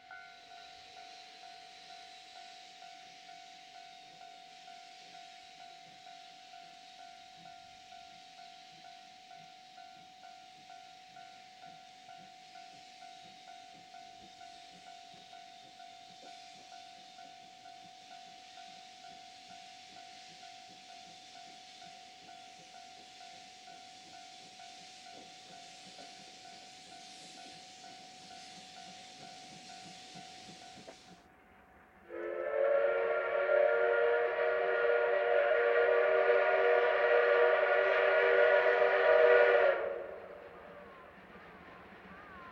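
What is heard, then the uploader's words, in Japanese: A steam locomotive hauls a train along a line, its steady hiss and soft rhythmic chuffing continuing with a faint constant tone for about thirty seconds. Then a loud, rich steam whistle blows for roughly eight seconds before the sound drops away. 真岡鐵道を走るC12 66牽引の「SLもおか」です。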